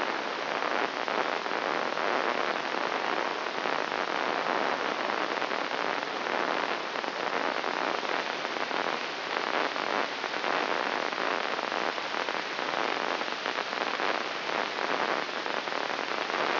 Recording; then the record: brain microelectrode recording played as sound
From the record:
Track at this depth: outside the subthalamic nucleus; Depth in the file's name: -0.483 mm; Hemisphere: left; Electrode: 3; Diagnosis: Parkinson's disease